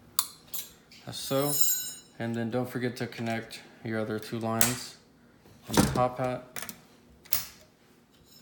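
A plastic fuel level sensor connector is pushed onto the fuel pump top hat of a bucketless kit and latches with a sharp click at 0.2 s, seating it. Someone talks afterward.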